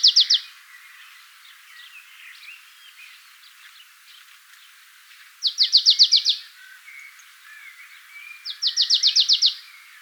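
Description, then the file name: Marsh tit calls in three bursts of rapid, evenly spaced chattering notes, with faint softer chirps between them. "Poecile palustris"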